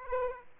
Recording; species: mosquito wingbeat signal from an infrared sensor; Aedes aegypti